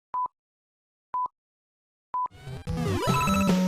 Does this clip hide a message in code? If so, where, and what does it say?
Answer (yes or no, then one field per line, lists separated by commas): no